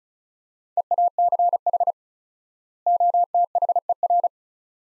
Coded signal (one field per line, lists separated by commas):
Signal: Morse code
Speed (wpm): 36 wpm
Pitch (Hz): 700 Hz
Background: none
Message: EACH OTHER